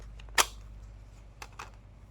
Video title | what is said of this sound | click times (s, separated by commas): (คลิปที่ 62) มีดพกสั้น FBIQQ เล่มใหญ่ ใบกว้าง สันหนา 6 มิล แข็งแรงมาก ซองแข็ง Kydex เข้ารูป #มีดพก | ดึงออกได้ทันทีนะครับเข้าล็อคเป๊ะๆนี่ครับผมเล่น | 0.4 s